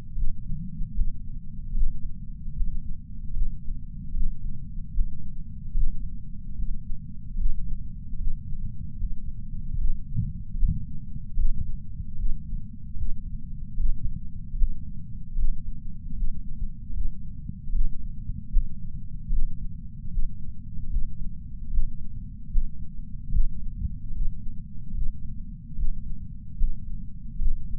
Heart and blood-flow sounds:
heart sounds by patch sensor on the chest; 75 bpm
0.16 s: heartbeat
0.95 s: heartbeat
1.75 s: heartbeat
2.56 s: heartbeat
3.34 s: heartbeat
4.15 s: heartbeat
4.94 s: heartbeat
5.75 s: heartbeat
6.57 s: heartbeat
7.38 s: heartbeat
8.19 s: heartbeat
8.98 s: heartbeat
9.78 s: heartbeat
10.58 s: heartbeat
11.37 s: heartbeat
12.18 s: heartbeat
12.97 s: heartbeat
13.78 s: heartbeat
14.57 s: heartbeat
15.37 s: heartbeat
16.16 s: heartbeat
16.94 s: heartbeat
17.73 s: heartbeat
18.52 s: heartbeat
19.31 s: heartbeat
20.11 s: heartbeat
20.90 s: heartbeat
21.72 s: heartbeat
22.52 s: heartbeat
23.33 s: heartbeat
24.14 s: heartbeat
24.95 s: heartbeat
25.77 s: heartbeat
26.58 s: heartbeat
27.40 s: heartbeat
From the record:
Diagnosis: coronary artery disease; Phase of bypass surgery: preoperative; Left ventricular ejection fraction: 63%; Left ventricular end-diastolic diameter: 47 mm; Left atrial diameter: 37 mm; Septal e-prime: 4.5 cm/s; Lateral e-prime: 7.1 cm/s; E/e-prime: 8.6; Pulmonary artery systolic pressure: 20 mmHg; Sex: male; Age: 77 years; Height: 160 cm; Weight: 79.5 kg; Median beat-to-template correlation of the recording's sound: 0.81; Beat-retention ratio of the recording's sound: 0.99

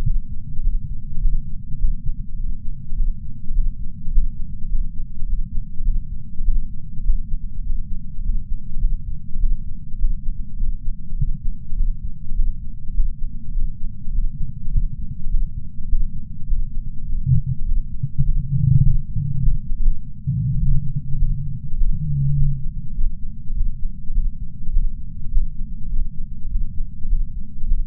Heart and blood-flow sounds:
heart sounds by patch sensor on the chest; 102 bpm
0.03 s: heartbeat
0.62 s: heartbeat
1.20 s: heartbeat
1.77 s: heartbeat
2.36 s: heartbeat
2.95 s: heartbeat
3.53 s: heartbeat
4.10 s: heartbeat
4.68 s: heartbeat
5.25 s: heartbeat
5.83 s: heartbeat
6.43 s: heartbeat
7.02 s: heartbeat
7.62 s: heartbeat
8.22 s: heartbeat
8.79 s: heartbeat
9.38 s: heartbeat
9.97 s: heartbeat
10.56 s: heartbeat
11.15 s: heartbeat
11.75 s: heartbeat
12.34 s: heartbeat
12.92 s: heartbeat
13.51 s: heartbeat
14.11 s: heartbeat
14.70 s: heartbeat
15.29 s: heartbeat
15.87 s: heartbeat
16.45 s: heartbeat
17.05 s: heartbeat
17.64 s: heartbeat
18.23 s: heartbeat
18.82 s: heartbeat
19.40 s: heartbeat
19.76 s: heartbeat
20.59 s: heartbeat
21.17 s: heartbeat
21.76 s: heartbeat
22.35 s: heartbeat
22.94 s: heartbeat
23.53 s: heartbeat
24.12 s: heartbeat
24.71 s: heartbeat
25.30 s: heartbeat
25.89 s: heartbeat
26.48 s: heartbeat
27.07 s: heartbeat
27.66 s: heartbeat
From the record:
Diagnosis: coronary artery disease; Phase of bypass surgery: postoperative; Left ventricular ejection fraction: 64%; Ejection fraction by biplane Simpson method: 61.7%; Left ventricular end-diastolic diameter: 46 mm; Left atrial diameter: 31 mm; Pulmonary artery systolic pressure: 30 mmHg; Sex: male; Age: 43 years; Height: 177 cm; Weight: 75 kg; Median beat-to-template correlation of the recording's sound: 0.76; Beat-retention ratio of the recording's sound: 0.99

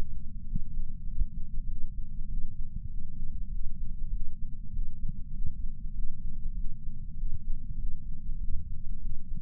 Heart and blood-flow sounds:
heart sounds by patch sensor on the chest; 98 bpm
0.45 s: heartbeat
1.05 s: heartbeat
1.65 s: heartbeat
2.26 s: heartbeat
2.88 s: heartbeat
3.49 s: heartbeat
4.10 s: heartbeat
4.71 s: heartbeat
5.32 s: heartbeat
5.92 s: heartbeat
6.54 s: heartbeat
7.15 s: heartbeat
7.77 s: heartbeat
8.38 s: heartbeat
8.99 s: heartbeat
From the record:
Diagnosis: coronary artery disease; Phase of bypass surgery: preoperative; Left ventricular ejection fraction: 66.8%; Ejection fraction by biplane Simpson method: 67.5%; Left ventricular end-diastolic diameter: 41 mm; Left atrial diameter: 29 mm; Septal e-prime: 9.5 cm/s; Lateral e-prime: 10.6 cm/s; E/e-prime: 8.7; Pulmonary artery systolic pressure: 27 mmHg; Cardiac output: 4.8 L/min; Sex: female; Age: 77 years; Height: 168 cm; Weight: 49 kg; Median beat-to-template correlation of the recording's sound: 0.81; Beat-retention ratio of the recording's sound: 0.99

